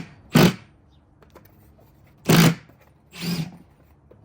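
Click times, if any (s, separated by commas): none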